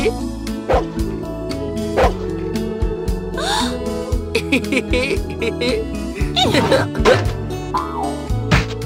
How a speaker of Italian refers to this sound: I bambini avevano una tata. La tata non era altro che un grosso cane Terranova di nome Nana.